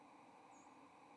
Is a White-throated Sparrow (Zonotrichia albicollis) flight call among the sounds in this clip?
yes